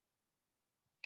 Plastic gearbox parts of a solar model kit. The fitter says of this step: let's see and then you're hearing the clicking sound which means we've done it correctly